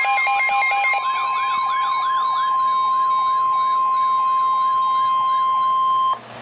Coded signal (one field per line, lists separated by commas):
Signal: Emergency Alert System (SAME) tones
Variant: 1050 Hz attention tone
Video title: Severe Thunderstorm Warning - 08/17/15 (EAS #985)